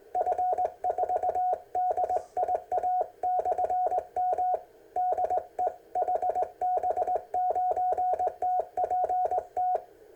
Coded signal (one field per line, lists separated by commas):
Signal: Morse code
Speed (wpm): 19 wpm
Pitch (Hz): 730 Hz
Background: none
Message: F4DIA/M DE HB9TPT